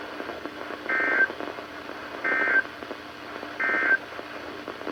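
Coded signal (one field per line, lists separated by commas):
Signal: Emergency Alert System (SAME) tones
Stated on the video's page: NOAA Weather Radio SAME alerts, severe thunderstorm warnings issued by NWS Sterling, on 162.550 (Independent Hill, VA) and 162.400 (Pikesville, MD) transmitters.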